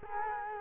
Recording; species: mosquito wingbeat signal from an infrared sensor; Culex quinquefasciatus